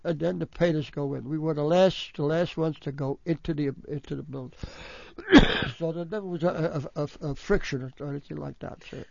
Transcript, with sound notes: and then that painter go it. We were the last, the last ones to go into the, into the building. (he coughs) So there never was a, a friction or anything like that.